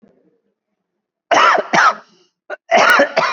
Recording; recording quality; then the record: heavy voluntary cough; excellent, no background noise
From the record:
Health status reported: COVID-19 positive, moderate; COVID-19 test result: positive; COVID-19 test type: RT-PCR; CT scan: taken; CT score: 13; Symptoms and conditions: cough, cold, breathing difficulty, fever, fatigue, muscle pain, another respiratory illness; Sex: male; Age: 51 years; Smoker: no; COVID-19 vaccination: one dose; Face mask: worn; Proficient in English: yes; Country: India